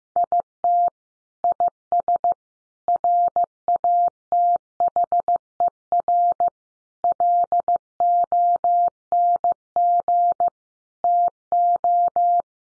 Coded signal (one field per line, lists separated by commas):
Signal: Morse code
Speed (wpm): 15 wpm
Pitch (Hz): 700 Hz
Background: none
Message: IT IS RATHER LONG TO